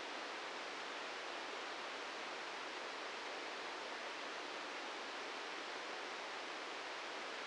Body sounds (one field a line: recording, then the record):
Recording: brain microelectrode recording played as sound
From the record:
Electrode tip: inside the subthalamic nucleus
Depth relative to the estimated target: 0 mm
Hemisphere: right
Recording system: NeuroSet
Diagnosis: Parkinson's disease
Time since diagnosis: 13 years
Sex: male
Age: 63 years